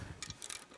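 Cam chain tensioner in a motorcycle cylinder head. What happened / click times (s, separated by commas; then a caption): The ratcheting tensioner clicked out into place / 0.2 s, 0.3 s, 0.4 s, 0.5 s. After installation in the cylinder head of a Yamaha R6 motorcycle engine, the engine is rotated and the cam chain tensioner ratchets out with sharp clicks at 0.2, 0.3, 0.4 and 0.5 seconds. The clicks confirm the tensioner has seated against the guide. No one talks in the clip.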